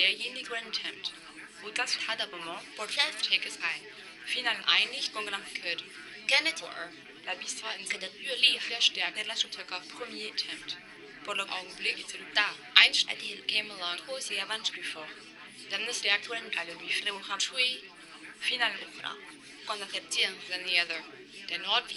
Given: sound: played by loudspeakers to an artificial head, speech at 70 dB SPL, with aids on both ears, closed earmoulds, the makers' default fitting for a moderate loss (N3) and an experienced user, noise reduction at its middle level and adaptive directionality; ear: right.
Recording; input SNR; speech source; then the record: speech test signal (ISTS) in cocktail-party noise; 0 dB; in front (0 degrees)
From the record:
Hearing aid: class 2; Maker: B